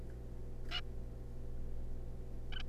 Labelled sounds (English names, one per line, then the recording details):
Zebra Finch
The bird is a juvenile
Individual R3549